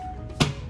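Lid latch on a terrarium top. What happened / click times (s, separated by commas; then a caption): The plastic lid latch clicked open / 0.4 s. A plastic latch on the glass lid of an Exo Terra Frogs & Co terrarium is pressed down and gives a single sharp click at 0.4 s over a low steady background hum. The latch is released, unlocking the lid so it can be lifted up and out.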